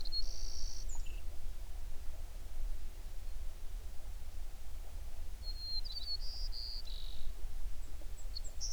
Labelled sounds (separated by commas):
songbird